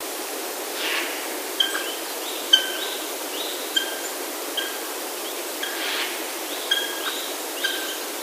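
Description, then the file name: Japanese green woodpecker notes repeated roughly every second, mixed with bright sharp chips and a constant hiss. "aogera"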